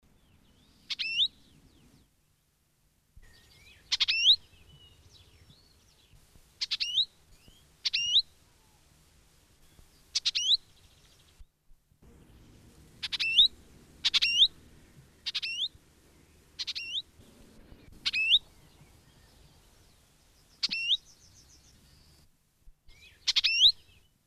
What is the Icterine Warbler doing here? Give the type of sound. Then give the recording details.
song. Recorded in the wild. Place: Speyer, Rheinland-Pfalz, DE. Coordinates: 49.3172, 8.4425. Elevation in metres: 100. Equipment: Uher 4000 Report, Sennheiser MKH 815 T. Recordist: Tretzel, Erwin